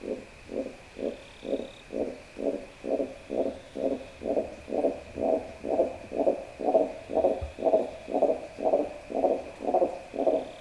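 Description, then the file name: Namiye's frog croaking in a steady series of about two low, pulsed notes per second, over twenty in a row, with a faint constant high-pitched hum behind. "namiegaeru call"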